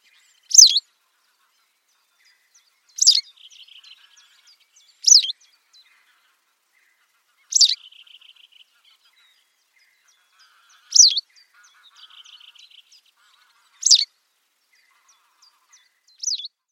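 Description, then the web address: White wagtail calls: crisp, high, slurred chips given singly at irregular intervals, with brief soft chattering trills after some of them. "cianscape birddata Deverinetal 2025"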